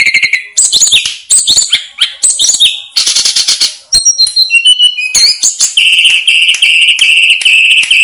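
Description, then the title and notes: Snowy-browed flycatcher song: rapid high twittering and buzzy trills, ending in a sustained steady whistled phrase. Master song used for training cage birds. "Masteran Tledekan Gunung Sikatan Gunung. BURUNG TLEDEKAN"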